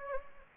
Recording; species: mosquito wingbeat signal from an infrared sensor; Anopheles gambiae